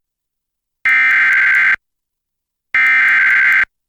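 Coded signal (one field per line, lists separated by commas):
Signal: Emergency Alert System (SAME) tones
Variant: header bursts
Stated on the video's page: Severe thunderstorm warning issued by NWS Portland, relayed by FM broadcast station, recorded from its online live stream.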